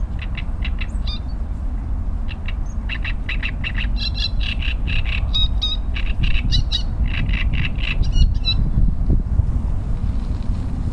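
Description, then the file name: Great reed warbler song: loud, grating series of repeated harsh notes in uneven bursts, churring and chattering throughout, over steady low rumbling background noise. "Trzciniak"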